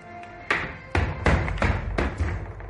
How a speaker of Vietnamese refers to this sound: Trước tiên là tiếng gối va đập, theo sau là tiếng cơ thể chạm đất, tiếp tục là cái bàn bị đụng mạnh, mà cuối cùng là ly thách nằm tan qua trên sàn.